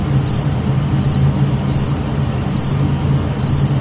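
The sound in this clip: Cricket chirping: short, high pulsed chirps repeated steadily about every 0.8 seconds, five in all, over a constant low hum.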